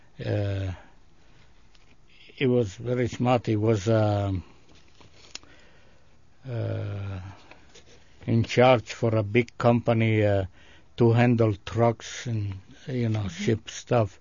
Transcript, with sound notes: he was very smart. He was (he pauses) in charge for a big company to handle trucks and, you know, ships, stuff.